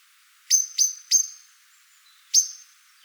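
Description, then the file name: Eurasian blackbird uttering three quick hard chinks followed after a brief gap by one more. "Turdus merula"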